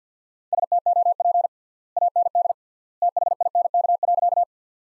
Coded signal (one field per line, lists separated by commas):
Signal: Morse code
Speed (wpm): 50 wpm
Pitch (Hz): 700 Hz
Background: none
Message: STOP AND THINK.